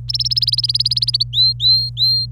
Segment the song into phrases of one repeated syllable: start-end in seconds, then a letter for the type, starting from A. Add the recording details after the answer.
0.08-1.23 A, 1.33-2.31 B. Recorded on 26 April 2018 at 10:53. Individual llb3